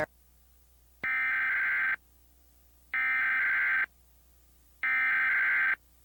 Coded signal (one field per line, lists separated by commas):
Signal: Emergency Alert System (SAME) tones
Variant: header bursts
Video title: NBC (KARE 11) Commercials and EAS Test [July 1, 1999]